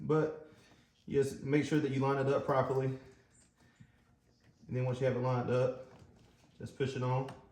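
A spark plug wire boot from an Edelbrock Ultra Spark 50 set is lined up past the dipstick onto a spark plug on a C6 Corvette with an LS1, LS2, LS3, LS7 or LS9 engine. Someone talks throughout, with only faint handling noise between phrases. The clip ends before the boot is pushed home, so nothing has seated or clicked yet.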